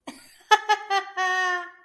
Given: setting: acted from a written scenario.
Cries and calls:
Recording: vocal sound without words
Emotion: amusement

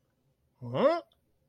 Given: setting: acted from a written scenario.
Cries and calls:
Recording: vocal sound without words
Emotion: confusion

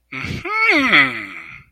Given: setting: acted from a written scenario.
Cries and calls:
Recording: vocal sound without words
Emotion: realization

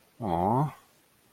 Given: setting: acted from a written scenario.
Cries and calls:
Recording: vocal sound without words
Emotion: sympathy

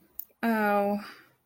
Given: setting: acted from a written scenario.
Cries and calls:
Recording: vocal sound without words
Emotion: guilt

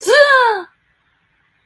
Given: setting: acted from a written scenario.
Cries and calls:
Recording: vocal sound without words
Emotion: pain

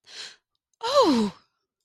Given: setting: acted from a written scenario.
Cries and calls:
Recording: vocal sound without words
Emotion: positive surprise

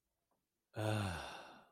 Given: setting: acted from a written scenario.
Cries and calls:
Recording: vocal sound without words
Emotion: ecstasy

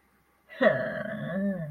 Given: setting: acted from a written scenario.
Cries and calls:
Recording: vocal sound without words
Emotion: contempt

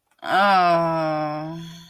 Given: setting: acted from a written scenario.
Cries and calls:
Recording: vocal sound without words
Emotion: embarrassment

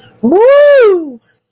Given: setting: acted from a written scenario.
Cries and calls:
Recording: vocal sound without words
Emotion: triumph

